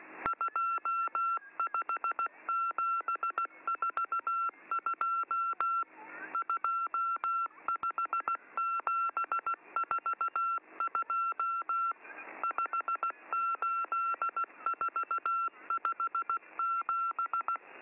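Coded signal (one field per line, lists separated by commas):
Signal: Morse code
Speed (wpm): 16 wpm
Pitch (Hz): 1360 Hz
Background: none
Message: 25742 25742 58457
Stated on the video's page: M14 number station, MCW on 5947 kHz, training schedule.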